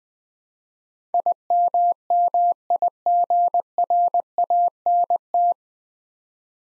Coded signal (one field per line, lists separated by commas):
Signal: Morse code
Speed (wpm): 20 wpm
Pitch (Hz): 700 Hz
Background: none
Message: IMMIGRANT